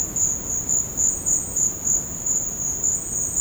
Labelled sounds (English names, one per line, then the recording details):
none
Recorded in secondary vegetation near Puerto Asís, Putumayo, Colombia, on 12 March 2025 at 15:30
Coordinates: 0.481, -76.318
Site G097